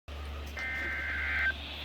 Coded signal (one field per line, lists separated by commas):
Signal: Emergency Alert System (SAME) tones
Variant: header bursts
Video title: NOAA EAS Alert #41: Flash Flood Warning (FFW) Riverside And San Diego Counties